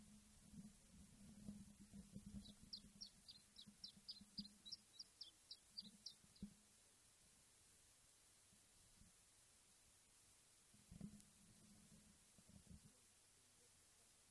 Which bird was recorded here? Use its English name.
Iberian Chiffchaff